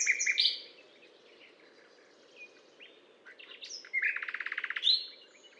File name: rossignol philomele Butte calcaire de Gratacap F